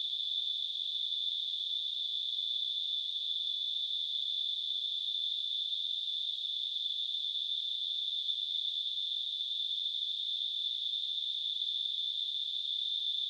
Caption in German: Tinnitus.